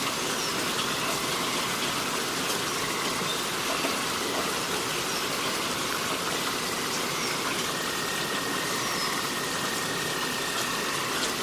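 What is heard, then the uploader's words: Rain falls in a steady, dense hiss with no pauses, over a low continuous rumble, while faint thin bird-like tones come and go. Relaxing Rain Sounds & Forest Ambience.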